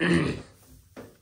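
Someone talks while a plastic brick LEGO Millennium Falcon model from the Starship Collection is put back on its display stand and pushed in so it will lock in place, followed by a brief faint sound near 1.0 s. Nothing has seated or clicked yet.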